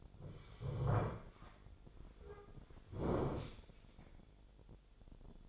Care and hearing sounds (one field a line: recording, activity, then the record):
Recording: daily activity, microphone in the room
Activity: sit down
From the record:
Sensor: 5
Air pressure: 1008.1 hPa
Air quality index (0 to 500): 154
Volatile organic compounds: 3 ppm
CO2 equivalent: 1480 ppm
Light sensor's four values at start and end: 59/165/64/64 and 59/165/64/64